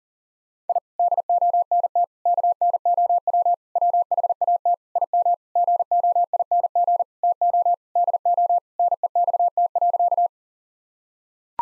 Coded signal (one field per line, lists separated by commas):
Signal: Morse code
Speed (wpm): 40 wpm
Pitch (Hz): 700 Hz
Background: none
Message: I DONT KNOW WHAT IM GOING TO DO NEXT.